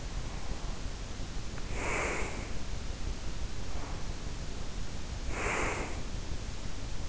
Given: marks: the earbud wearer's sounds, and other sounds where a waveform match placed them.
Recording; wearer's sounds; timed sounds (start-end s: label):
sounds in sleep by an in-ear microphone; breath
0.00-2.50 s: breath
3.61-6.37 s: breath